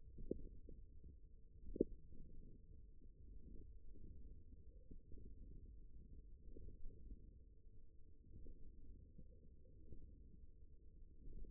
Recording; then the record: forearm muscle sounds (acoustic myography)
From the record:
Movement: ulnar deviation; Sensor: system 1, eight BSWA MPA416 microphones around the upper forearm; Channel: 4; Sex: male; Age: 54 years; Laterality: right